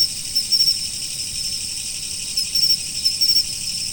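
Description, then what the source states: Insect chorus, a steady high shrill band with brief brighter chirp bursts at irregular intervals; no other clear sounds. Autumn insects.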